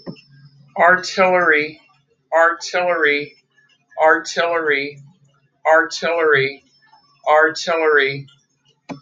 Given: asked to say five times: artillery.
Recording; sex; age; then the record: repeated word; female; 40 to 49 years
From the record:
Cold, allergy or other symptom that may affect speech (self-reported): no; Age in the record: 40 years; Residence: Ohio, United States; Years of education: 18